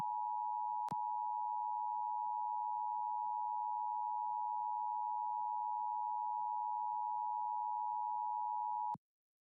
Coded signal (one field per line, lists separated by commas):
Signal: Emergency Alert System (SAME) tones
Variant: 853 and 960 Hz attention tone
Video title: LIVE AM/MW DX: DX Central Live - S. 3, Ep. 17 | Friday, January 27, 2023